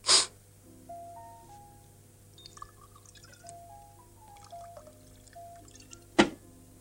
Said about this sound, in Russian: Иван встает, кладет яблоко на стол, берет бутылку шампанского, открывает. Девушка пересела на диванчик. Вылетает пробка. Иван наливает один бокал.